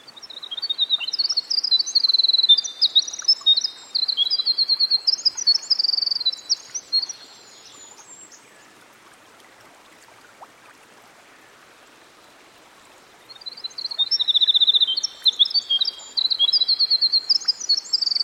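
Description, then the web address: Winter wren song: a lengthy, rapid cascade of high tinkling trills lasting about seven seconds, a quiet gap, then another burst of the same tumbling song. Recorded by a stream. "Dan Gibson Songbirds By The Stream. Winter Wren"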